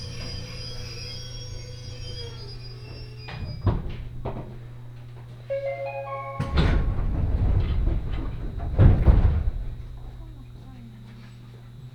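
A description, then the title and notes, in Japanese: A local train on the Senseki Line, with a steady low hum under everything. A few sharp knocks come around four seconds in, then a run of rising stepped tones. From about six seconds a louder rumble and rattle builds, peaking near nine seconds before easing. 仙石線 普通 松島海岸→石巻。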